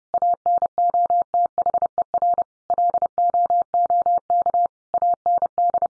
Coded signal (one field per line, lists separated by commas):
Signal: Morse code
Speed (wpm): 30 wpm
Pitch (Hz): 700 Hz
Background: none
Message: ANOTHER LOOK AND